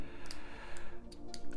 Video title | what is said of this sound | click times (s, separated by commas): NECA - Robocop (1987) - Full Review - 4K - The Retro Room - #neca #robocop | and then eventually it clicks back in like that | 1.3 s